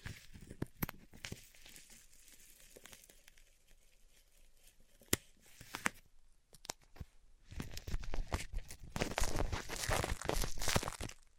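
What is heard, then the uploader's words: A band-aid is ripped off, with sharp crackling snaps scattered through the first six seconds over a quiet hiss. Around seven and a half seconds the sound thickens into a dense, bright stretch of tearing and crinkling that runs to the end. ASMR Ripping Off the Band Aid (No Talking).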